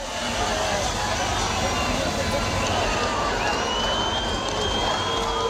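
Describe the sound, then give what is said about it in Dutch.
A steady wash of crowd noise on the Museumplein, reopened to the public after its lawn was relaid: many overlapping voices blending into a continuous murmur with no single speaker standing out, holding at an even level throughout. “Het geluid van mensen, want de grasmat werd opnieuw gelegd.”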